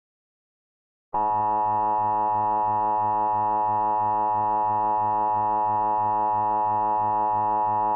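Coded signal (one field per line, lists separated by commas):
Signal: Emergency Alert System (SAME) tones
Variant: 853 and 960 Hz attention tone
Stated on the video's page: EAS/EBS scenario in analog horror style, simulated, with loud, high-pitched, highly distorted tones.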